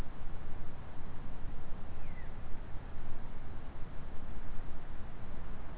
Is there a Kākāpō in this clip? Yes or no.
no